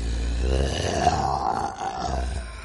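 From behind a stone door, a low, slurred moan like a drunk person's, drawn out for a few seconds, groaning and grunting with a rough, guttural tone that wavers in pitch. No one speaks.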